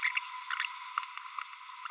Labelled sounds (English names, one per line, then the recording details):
Green-rumped Parrotlet babbling
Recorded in a nest box in Venezuela
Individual 18B25A3